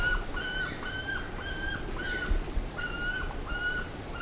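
Bird calls, repeated slurred whistled notes with a dropping tail in a steady series, joined by higher faint notes, over a low hum.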